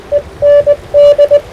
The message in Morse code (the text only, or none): END